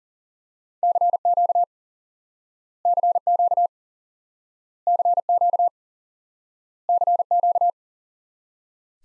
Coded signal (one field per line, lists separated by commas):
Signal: Morse code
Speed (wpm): 37 wpm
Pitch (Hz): 700 Hz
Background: none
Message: CQ CQ CQ CQ